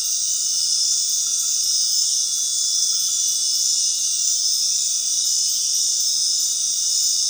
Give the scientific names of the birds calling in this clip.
none